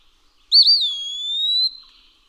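Eastern wood-pewee song: a clear, high whistled phrase that wavers briefly, slurs down, then slowly rises again, lasting about a second, in an otherwise quiet background.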